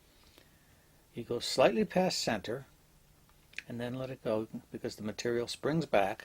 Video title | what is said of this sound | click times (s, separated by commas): How to Open and Close a Jump Ring | you'll hear a little click and feel a little click as the ends pass each other | 0.4 s